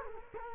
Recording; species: mosquito wingbeat signal from an infrared sensor; Culex quinquefasciatus